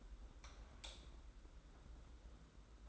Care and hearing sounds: daily activity, microphone in the room; light off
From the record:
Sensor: 3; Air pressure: 991.9 hPa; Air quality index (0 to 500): 221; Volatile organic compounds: 1000 ppm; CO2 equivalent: 7561 ppm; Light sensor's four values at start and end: 18/45/18/17 and 16/39/15/14

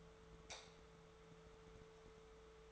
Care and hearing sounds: daily activity, microphone in the room; light off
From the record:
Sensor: 3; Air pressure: 1014.7 hPa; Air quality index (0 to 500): 193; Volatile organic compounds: 24 ppm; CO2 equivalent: 2814 ppm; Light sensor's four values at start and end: 43/110/47/50 and 41/101/43/47

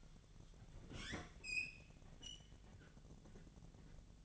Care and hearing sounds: daily activity, microphone in the room; open fridge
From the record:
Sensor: 4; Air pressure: 1000.9 hPa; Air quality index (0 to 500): 133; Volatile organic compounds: 2 ppm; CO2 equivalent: 988 ppm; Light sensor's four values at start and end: 31/75/31/34 and 27/65/27/29

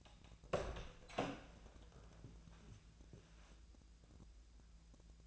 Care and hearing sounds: daily activity, microphone in the room; open door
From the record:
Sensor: 2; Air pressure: 1000.3 hPa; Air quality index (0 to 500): 166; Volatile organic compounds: 3 ppm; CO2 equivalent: 1383 ppm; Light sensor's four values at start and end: 11/26/11/12 and 11/26/11/12

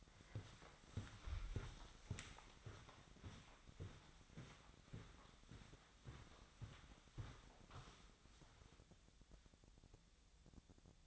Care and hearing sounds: daily activity, microphone in the room; walk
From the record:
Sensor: 3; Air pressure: 1009.3 hPa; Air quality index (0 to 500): 192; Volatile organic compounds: 4 ppm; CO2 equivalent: 1549 ppm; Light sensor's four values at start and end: 58/149/65/68 and 58/150/66/69

